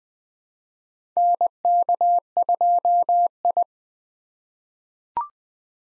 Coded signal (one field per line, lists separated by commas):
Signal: Morse code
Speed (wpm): 21 wpm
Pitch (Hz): 700 Hz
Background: none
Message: NK2I